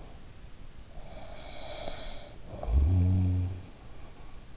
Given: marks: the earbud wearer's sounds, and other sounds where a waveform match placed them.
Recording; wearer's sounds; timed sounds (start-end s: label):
sounds in sleep by an in-ear microphone; snoring breath
1.14-4.11 s: snoring breath